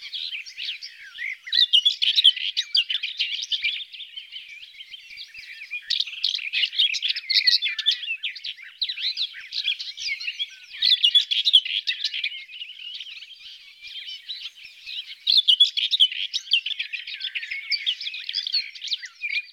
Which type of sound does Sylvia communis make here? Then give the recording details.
song. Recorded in the wild. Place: Ahlenmoor, Schleswig-Holstein, DE. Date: 1982-05-31. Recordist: Schwarz, Dieter